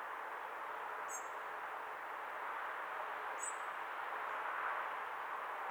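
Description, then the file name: Common blackbird uttering two brief, sharp, high-pitched call notes about two seconds apart over constant rushing background noise. "Turdus merula"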